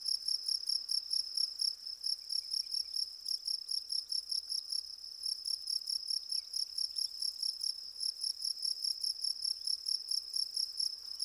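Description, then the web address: Cricket chirping in a bright, high trill broken into rapid pulses, steady from start to finish over a quiet background. "Natures Songs. Goldfinches crickets"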